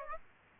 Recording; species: mosquito wingbeat signal from an infrared sensor; Aedes aegypti